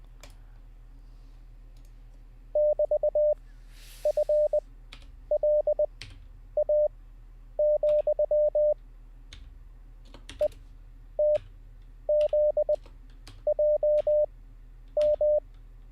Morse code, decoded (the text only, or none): <BT>FLA, ETZJM